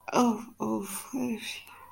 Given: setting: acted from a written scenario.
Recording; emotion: vocal sound without words; sympathy